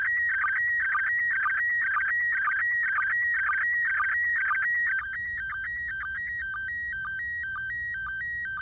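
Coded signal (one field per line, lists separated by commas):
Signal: SSTV (slow-scan television)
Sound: warbling, stepping whistle tones repeating about twice a second with brief low chirps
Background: low background hum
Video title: International Space Station SSTV Satellite Pass Using A 3 Element Tape Measure Yagi Antenna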